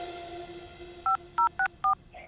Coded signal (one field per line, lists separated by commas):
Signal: DTMF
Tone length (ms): 120 ms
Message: 5064